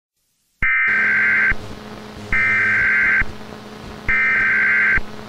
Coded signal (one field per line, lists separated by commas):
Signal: Emergency Alert System (SAME) tones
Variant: header bursts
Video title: EAS Scenario | SCP-106 "The Old Man" | Alert Containment Breach